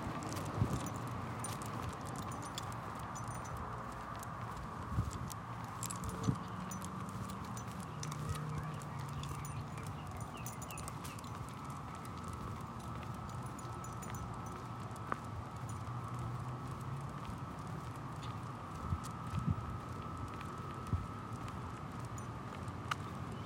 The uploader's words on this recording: We walk through the adjacent streets of Central Phoenix by our home, taking in the sights and sounds of the neighborhood as we make our way to a perfect spot to watch the sunrise by the canal. June | Summer.